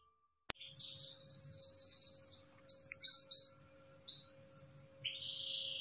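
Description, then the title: Canary song: a click, then whistled notes, a trio of quick downward-swept notes and steady held whistles, over a faint electrical hum. Cengkok song style, described as premium, of the kind sought by contest judges. "Cengkok kenari mewah yang di cari juri"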